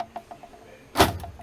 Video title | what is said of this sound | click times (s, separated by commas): Halo ll Setup | you'll see it snap into place okay | 0.0 s